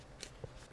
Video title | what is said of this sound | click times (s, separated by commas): BMW Key Fob - Dead Remote Battery -- Next Steps DIY | You hear a couple of click sounds. | 0.2 s, 0.4 s